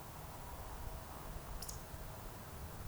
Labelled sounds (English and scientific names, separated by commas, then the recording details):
Eurasian Woodcock (Scolopax rusticola) whistle, Eurasian Woodcock (Scolopax rusticola) croak
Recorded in Baden-Württemberg, Germany, on 3 June 2021 at 20:04 UTC
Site 45499, 200 m above sea level